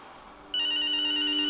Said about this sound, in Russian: Пронзительно вдруг запеликало. Слишком характерный звук. Зазвонил телефон. Настойчиво и противно, как самые первые телефоны в нулевых с примитивными рингтонами и херовскими до жути динамиками.